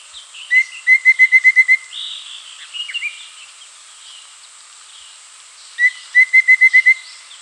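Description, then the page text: Rufous-fronted babbler giving two bursts of rapid, evenly spaced piping notes on one pitch, about seven notes each, separated by quiet with faint bird calls. "Rufous-Fronted Babbler Song. Quick Sounds"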